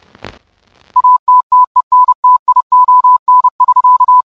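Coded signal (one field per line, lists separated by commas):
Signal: Morse code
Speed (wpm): 29 wpm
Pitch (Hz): 1000 Hz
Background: none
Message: ATTENTION<SK>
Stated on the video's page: Morse film opening at approximately 30 wpm, a nod to the RKO Morse opening of the 1930s.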